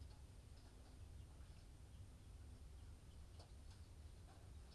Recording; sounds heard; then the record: poultry house recording; healthy chickens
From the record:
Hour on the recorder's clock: 23